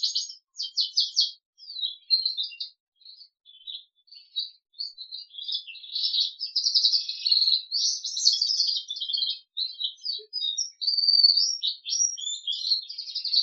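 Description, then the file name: Crested canary song starting with choppy high chirps, building into a long continuous warbling trill with shifting notes. "audio kenari jambul"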